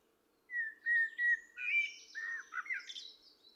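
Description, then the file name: Common blackbird song: three clear, steady whistled notes followed by a jumble of warbling, slurred notes and a high squeaky ending. "Turdus merula"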